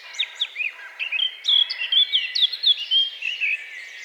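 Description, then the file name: Eurasian blackcap song: a quick scratchy twittering warble that builds into loud, clear fluted whistles, filling the whole four seconds. "Sylvia atricapilla"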